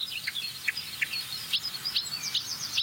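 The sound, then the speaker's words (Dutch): A marsh warbler delivers a busy, varied stream of high chirps, trills and quick whistled notes, starting fairly calmly with an imitation of a barn swallow, then a skylark, repeating short phrases in an unhurried rhythm at moderate loudness, with no talking. “Ja, deze bosrietzanger werkt gelukkig een beetje mee, want deze begint vrij rustig.”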